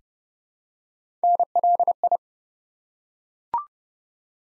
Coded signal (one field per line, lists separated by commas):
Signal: Morse code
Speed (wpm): 32 wpm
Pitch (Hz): 700 Hz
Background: none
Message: NLI